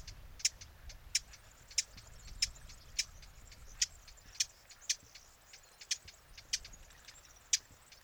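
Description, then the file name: Eurasian blackcap giving a run of hard, stony tack calls every half second to a second, fainter clicks filling the gaps. "Sylvia atricapilla"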